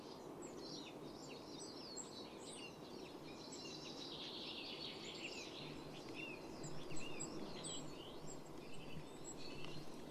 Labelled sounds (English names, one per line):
Goldcrest call